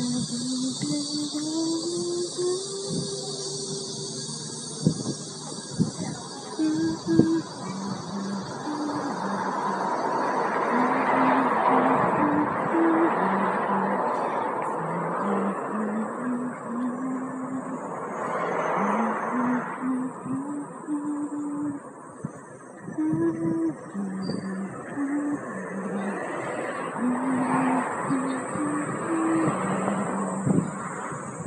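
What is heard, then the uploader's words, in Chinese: A summer midday roadside, with a steady high buzzing of insects running through the whole recording. Low, repeated hooting notes step up and down throughout, while traffic swells past, loudest around 11, 19 and 27 seconds. 夏天中午·喜欢的路。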